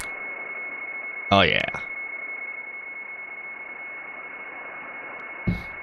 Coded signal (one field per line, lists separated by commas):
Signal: PSK31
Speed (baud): 31.25 baud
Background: speech